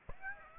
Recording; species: mosquito wingbeat signal from an infrared sensor; Aedes aegypti